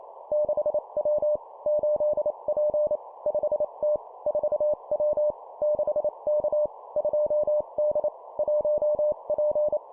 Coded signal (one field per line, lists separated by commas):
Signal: Morse code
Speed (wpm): 28 wpm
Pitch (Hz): 600 Hz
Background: none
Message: 6W 8P 5T 4W 6K 2D 1P